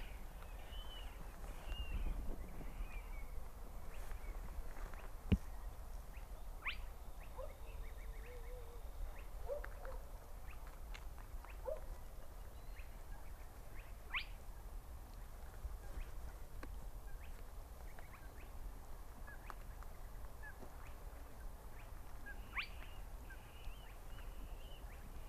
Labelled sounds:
Spotted Crake (Porzana porzana)
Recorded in the wild
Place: Schwedt/Oder, Nationalpark Unteres Odertal, Brandenburg, DE
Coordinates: 53.1386, 14.3655
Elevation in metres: 1
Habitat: wetland
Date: 2015-04-22 22:50
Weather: clear, 5°C, almost windless
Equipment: Sound Devices 702, Sennheiser MKH 70, Rycote Windschutz
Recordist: Frommolt, Karl-Heinz

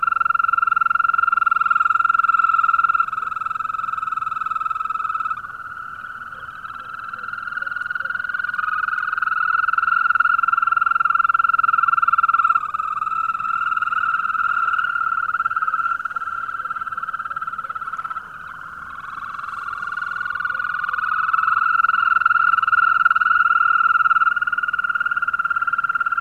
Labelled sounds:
Green Toad (Bufo viridis)
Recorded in the wild
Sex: male
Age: adult
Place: Falkenberger Rieselfelder, Barnim, Berlin, DE
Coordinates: 52.5814, 13.5508
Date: 1995-05-01 21:55
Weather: Lufttemperatur 4°C
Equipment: Sony TCD-D3, Sennheiser ME 80, K 30 AV (III), Windschutz
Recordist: Frommolt, Karl-Heinz

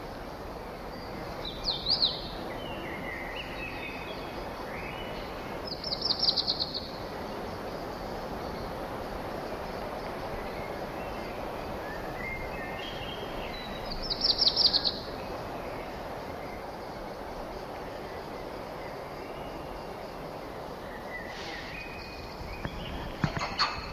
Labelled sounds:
Black Redstart (Phoenicurus ochruros) song
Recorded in captivity
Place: Tiergarten Schönbrunn, AT
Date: 1989-06-09 20:55
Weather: sunny, 18°C
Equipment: Sony WM-D6C, Kopie Tesla B 116
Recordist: Tembrock, Günter

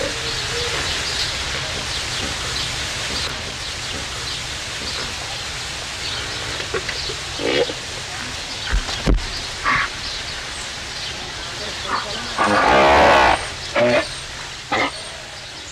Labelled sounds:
Australian Pelican (Pelecanus conspicillatus) call
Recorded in captivity
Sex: male
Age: adult
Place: Zoo Berlin, Berlin, DE
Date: 1990-04-26 15:16
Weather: fair, few clouds, 14°C
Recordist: Tembrock, Günter

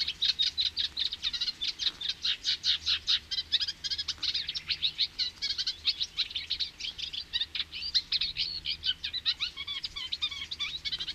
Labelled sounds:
Eurasian Reed Warbler (Acrocephalus scirpaceus) song
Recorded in the wild
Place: Kühkopf, Hessen, DE
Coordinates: 49.8242, 8.44944
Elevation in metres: 85
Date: 1975-06-01
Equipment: Nagra IV, Sennheiser MKH 405, Parabolreflektor
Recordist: Tretzel, Erwin

